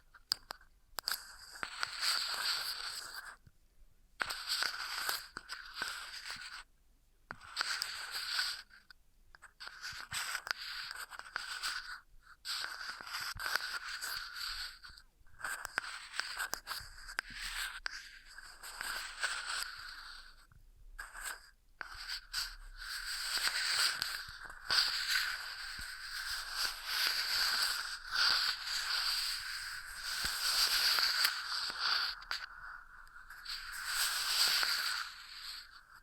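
Ear massage sounds: bursts of crisp, rustling friction and crunchy scraping, a few seconds long each, separated by short silences. The rubbing is bright and hissy with a steady higher tone running through it, growing denser and louder in the second half.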